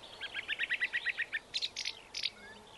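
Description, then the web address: Song thrush song: a rapid run of about ten repeated clipped notes, then several harsh chattering notes, with faint background hiss. "Bird Song Site Song Thrush - Grive"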